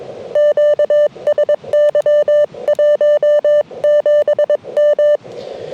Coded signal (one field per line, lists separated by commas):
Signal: Morse code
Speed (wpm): 22 wpm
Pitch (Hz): 590 Hz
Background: none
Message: QSY 17M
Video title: Bramley Mountain SOTA